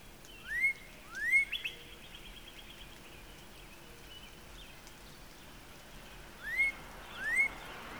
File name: Northern Cardinal